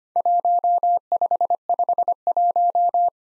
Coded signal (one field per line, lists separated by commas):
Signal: Morse code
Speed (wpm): 25 wpm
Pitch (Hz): 700 Hz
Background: none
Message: 1551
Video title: Worked All Europe DX Contest QTC Exchange 25wpm